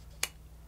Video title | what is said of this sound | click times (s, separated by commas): Sony A7C II Beginners Guide - Set-up & How-To Use The Camera | hear that click that click is this button right here see this button this is the lens release pin so | 0.2 s